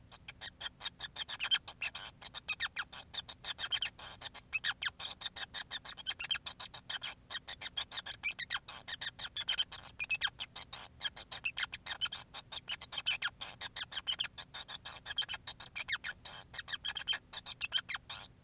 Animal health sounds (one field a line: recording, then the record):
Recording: song of a male Bengalese finch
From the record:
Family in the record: son of father 5